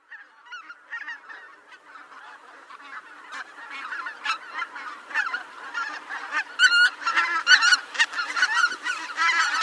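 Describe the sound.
Bird honking calls, a noisy flock of goose-like honks overlapping and building louder toward the end, many birds calling at once.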